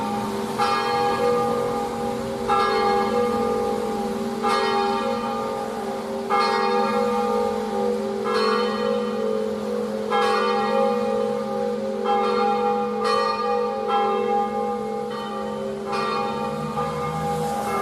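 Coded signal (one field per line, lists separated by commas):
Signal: bell signal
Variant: Friulian battiore ringing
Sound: church bells struck repeatedly in rhythmic ringing, overlapping resonant tones sustaining throughout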